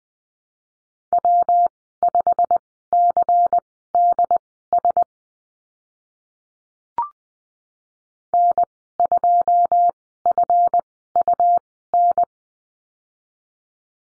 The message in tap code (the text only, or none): none